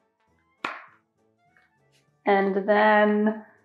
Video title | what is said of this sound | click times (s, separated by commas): Soliom Hummingbird Feeder Review | in and you'll hear a little click it'll slide right in you'll hear a click when it's actually in there | 0.7 s